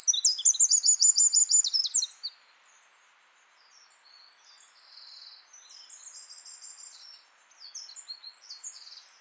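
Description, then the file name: Eurasian wren song, a loud fast trilling burst for two seconds, then quieter high twittering phrases continuing to the end. "Troglodytes troglodytes"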